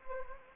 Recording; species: mosquito wingbeat signal from an infrared sensor; Anopheles gambiae